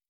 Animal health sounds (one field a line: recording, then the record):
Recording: hydrophone in a shrimp aquaculture tank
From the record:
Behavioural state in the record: stressed